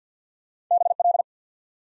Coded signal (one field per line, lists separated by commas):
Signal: Morse code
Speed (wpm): 48 wpm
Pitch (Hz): 700 Hz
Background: none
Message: BL